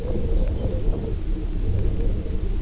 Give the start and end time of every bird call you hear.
0.28s-1.74s: Lapland Longspur (2.6-5.7 kHz)

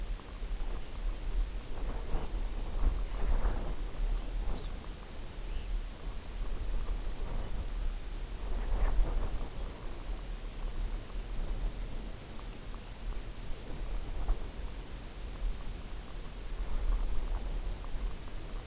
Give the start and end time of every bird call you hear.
0.21s-0.41s: Red Phalarope (4.0-5.1 kHz)
4.37s-4.80s: Red Phalarope (2.7-4.9 kHz)
5.33s-5.76s: Red Phalarope (1.9-3.9 kHz)

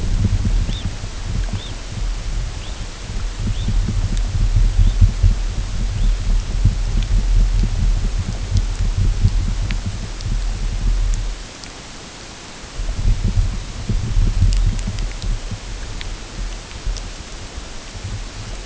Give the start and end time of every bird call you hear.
0.64s-0.89s: Red Phalarope (2.7-4.2 kHz)
1.51s-1.78s: Red Phalarope (2.5-4.1 kHz)
2.57s-2.84s: Red Phalarope (2.5-4.2 kHz)
3.49s-3.71s: Red Phalarope (2.2-4.1 kHz)
4.79s-4.99s: Red Phalarope (2.9-4.0 kHz)
5.93s-6.15s: Red Phalarope (2.5-4.0 kHz)

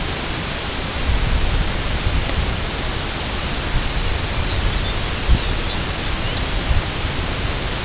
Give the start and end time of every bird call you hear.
4.01s-6.75s: Lapland Longspur (2.4-5.1 kHz)

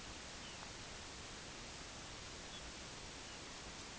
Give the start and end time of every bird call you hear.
0.28s-0.66s: Lapland Longspur (2.3-3.8 kHz)
2.38s-2.71s: Lapland Longspur (2.8-4.2 kHz)
3.15s-3.42s: Lapland Longspur (2.3-3.7 kHz)

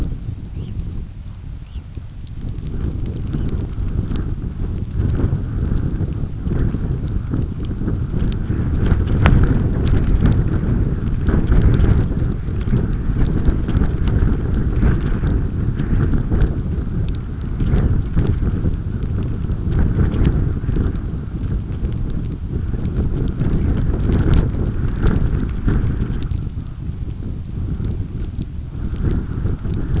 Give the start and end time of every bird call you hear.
0.48s-0.74s: Red Phalarope (1.9-3.9 kHz)
1.55s-1.83s: Red Phalarope (2.3-4.0 kHz)
3.29s-3.46s: Red Phalarope (2.6-3.8 kHz)

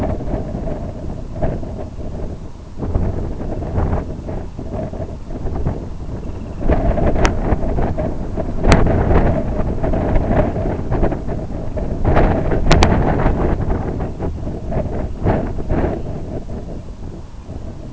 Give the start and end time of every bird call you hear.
3.23s-7.21s: Semipalmated Sandpiper (1.2-3.7 kHz)
13.96s-16.41s: Semipalmated Sandpiper (2.0-3.7 kHz)

